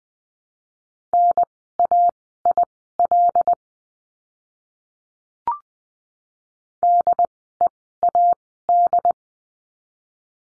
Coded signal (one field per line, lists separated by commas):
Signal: Morse code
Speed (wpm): 20 wpm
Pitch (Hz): 700 Hz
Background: none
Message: NAIL DEAD